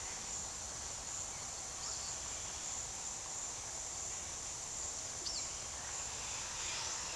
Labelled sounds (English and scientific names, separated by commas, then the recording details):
none
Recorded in pastures near Puerto Asís, Putumayo, Colombia, on 18 February 2024 at 15:30
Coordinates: 0.468, -76.328
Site G6414